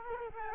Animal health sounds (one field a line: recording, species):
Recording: mosquito wingbeat signal from an infrared sensor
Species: Culex quinquefasciatus